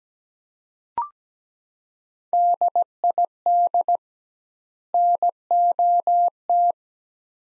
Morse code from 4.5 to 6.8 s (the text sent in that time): NOT